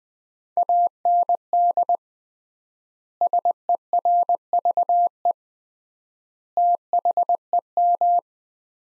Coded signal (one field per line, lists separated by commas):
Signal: Morse code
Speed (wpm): 20 wpm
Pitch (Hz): 700 Hz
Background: none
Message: AND SERVE THEM